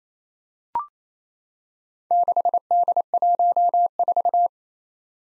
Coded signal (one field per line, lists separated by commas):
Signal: Morse code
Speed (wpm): 27 wpm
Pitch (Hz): 700 Hz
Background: none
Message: 6D14